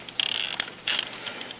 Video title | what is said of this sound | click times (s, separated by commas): CIS-Continuous Ink Supply System For Canon MX922 By inkproducts.com | okay now I've got them in I use the flashlight I'm going to push it down you here click in | 0.2 s